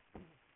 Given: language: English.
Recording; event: throat vibration sensor signal played as sound; throat clearing